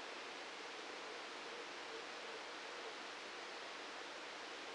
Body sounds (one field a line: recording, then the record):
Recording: brain microelectrode recording played as sound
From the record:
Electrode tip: outside the subthalamic nucleus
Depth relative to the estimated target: -4 mm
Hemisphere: right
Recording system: NeuroSet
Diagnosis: Parkinson's disease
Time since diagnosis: 9 years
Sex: male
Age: 61 years